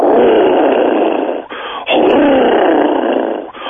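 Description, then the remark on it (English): A person imitates an alligator's mating bellow with a loud, deep, rasping rumble, held for several seconds with a couple of brief breaks, like a motor sputtering to life. “It's called a gator bellow, and both the females and males do it, but the males do it more pronounced and it's much deeper.”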